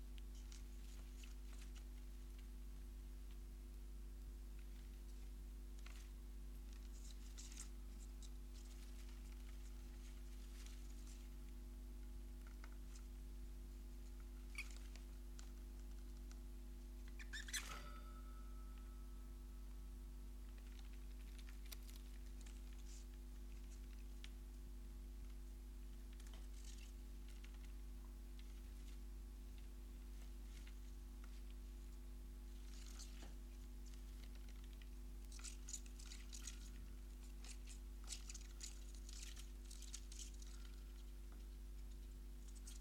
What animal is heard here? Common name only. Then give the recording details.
Common Pine Vole. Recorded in captivity. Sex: diverse. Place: Wohnung, Berlin, DE. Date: 1988-09-24 13:26. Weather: Zimmertemperatur. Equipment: Tesla B 115, RFT DM 2415 (Originalband). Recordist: Frommolt, Karl-Heinz